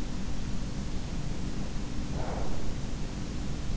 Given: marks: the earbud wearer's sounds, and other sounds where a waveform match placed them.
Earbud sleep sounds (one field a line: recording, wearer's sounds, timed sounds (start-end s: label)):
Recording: sounds in sleep by an in-ear microphone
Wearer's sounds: breath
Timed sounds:
0.51-3.13 s: breath
2.11-2.66 s: sound from someone else or the room